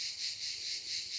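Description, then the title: Cicada song, a dense high buzzing drone that swells and fades in soft pulses, with nothing else heard. "cigales"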